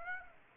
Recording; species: mosquito wingbeat signal from an infrared sensor; Aedes aegypti